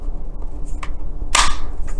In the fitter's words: and it locks into place and then there's a second hard drive external hard drive